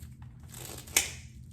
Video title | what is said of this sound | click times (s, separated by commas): Tourniquet Application CAT & SAM XT | and then we're going to tighten this as tight as possible until you hear it click | 1.0 s